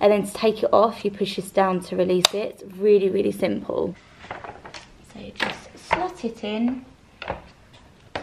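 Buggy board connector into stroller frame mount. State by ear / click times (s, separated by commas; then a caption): not seated / none. A buggy board's connector arm is handled at the mounting bracket on a stroller frame, a plastic and metal latch, while someone talks about pushing it down to release it and slotting it in. Several short knocks are heard around 4.3 to 4.7 seconds, and sharper taps near 7.2 and at the very end at 8.2 seconds. Nothing has seated or clicked yet.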